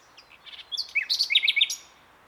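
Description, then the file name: Common nightingale delivering a short, quick phrase of high, twittering, sharply modulated notes over faint background hiss. "Luscinia megarhynchos"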